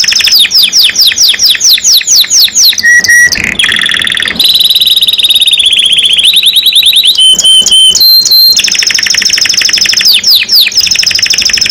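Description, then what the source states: Canary song: fast repeated downslurs, buzzy rattles, steady whistled notes and long rolling trills, delivered loudly and continuously. Domestic canary described as gacor, singing constantly; a champion songbird, first place at a competition level.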